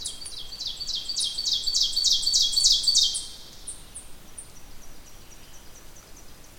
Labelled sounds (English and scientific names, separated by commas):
Ovenbird (Seiurus aurocapilla) song